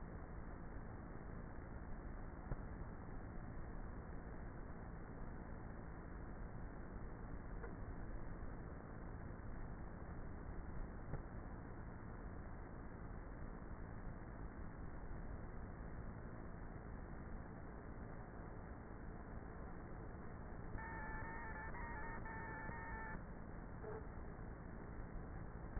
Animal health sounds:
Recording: honeybee colony, microphone inside the hive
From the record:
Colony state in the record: queenless with a low population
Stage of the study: before two queens were removed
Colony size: about 30,000 bees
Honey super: no

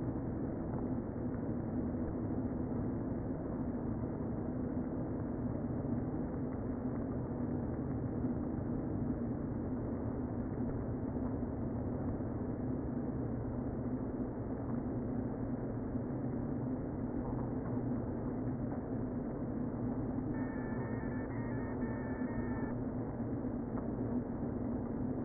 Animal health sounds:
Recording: honeybee colony, microphone inside the hive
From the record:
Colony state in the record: queen present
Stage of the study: before two queens were removed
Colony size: about 60,000 bees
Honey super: yes

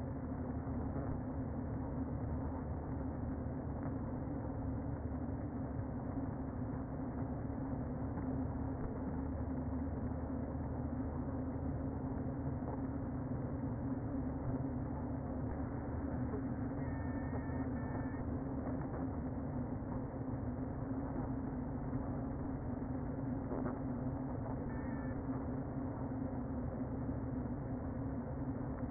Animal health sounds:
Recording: honeybee colony, microphone inside the hive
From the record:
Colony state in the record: queen present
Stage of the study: before two queens were removed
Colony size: about 60,000 bees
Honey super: yes

